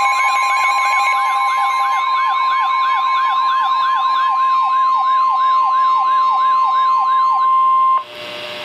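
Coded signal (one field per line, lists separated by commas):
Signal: Emergency Alert System (SAME) tones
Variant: 1050 Hz attention tone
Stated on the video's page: Flash flood warning received on weather radio station KEC60 Milwaukee, WI.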